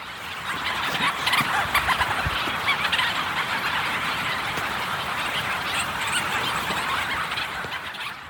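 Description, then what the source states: Leach's Storm Petrels calling in a dense chorus, a continuous blur of overlapping cackling, purring and yelping notes with no pauses. Calls described as yelping, cackling and purring.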